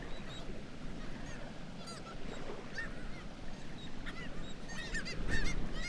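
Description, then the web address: Black-legged kittiwakes calling in scattered nasal cries, coming in loose bursts against a low background roar. "sound Black-legged-kittiwake. صدای-پرنده-کاکایی-پاسیاه"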